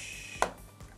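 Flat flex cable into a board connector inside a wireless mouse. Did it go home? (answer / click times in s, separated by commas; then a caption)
yes / 0.4 s. A second flat flex cable is pushed into its board connector inside a wireless mouse during a modification, where the wiring is tight. A sharp click at 0.4 s shows the connector seating, followed by a fainter tap around 0.8 s. The cable is seated in place.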